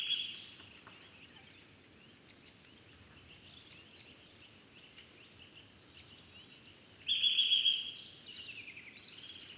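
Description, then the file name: Eurasian nuthatch: thin high single notes repeated about twice a second, then a loud rapid trill near the end, over a steady low hiss. "Sitta europaea"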